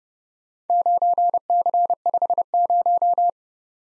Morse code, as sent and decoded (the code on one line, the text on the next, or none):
----. -.-. ..... -----
9C50